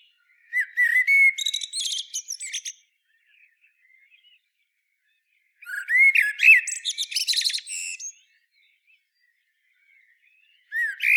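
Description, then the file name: Common blackbird song: two separate phrases of low flute-like whistles mixed with high squeaky twittering, split by silent pauses, a third phrase beginning at the end. "Turdus merula"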